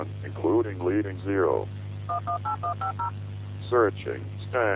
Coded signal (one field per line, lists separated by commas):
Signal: DTMF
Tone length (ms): 120 ms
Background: speech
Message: 118150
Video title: EAS Scenario: The Morning Of (Official Teaser)